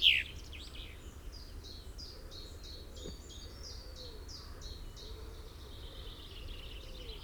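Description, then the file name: Common chaffinch notes, high and short, repeated in a brisk even run that fades toward the end, over a low steady hum. "Fringilla coelebs"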